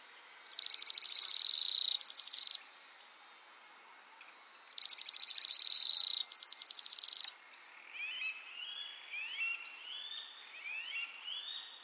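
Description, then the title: Araucaria tit-spinetail song: two high, fast trills with a pause between them, followed by several faint chirps. "LuckyPassaro Completos2Sama. Araucaria Tit-Spinetail (Leptasthenura setaria)"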